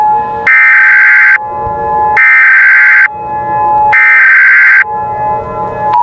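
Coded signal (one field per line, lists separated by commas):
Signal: Emergency Alert System (SAME) tones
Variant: header bursts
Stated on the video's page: Fictional EAS scenario, remastered.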